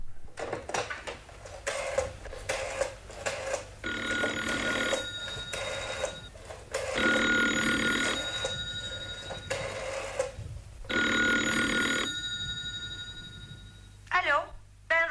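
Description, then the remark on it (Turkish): A telephone rings as a call is placed, in several repeated bursts, each a bright, buzzy electronic trill separated by short pauses, following a stretch of clicking at the start. “Halana telefon edebilir misin?”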